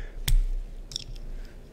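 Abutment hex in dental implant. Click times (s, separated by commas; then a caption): 0.3 s. With the hex mismatched, a dental implant abutment (AnyRidge) is pushed down and twisted until its hex drops into the implant with a sharp click at 0.3 s. Fainter ticks and clicks follow around 0.9 to 1.2 s and at 1.8 s. The hex is seated and engaged inside the implant.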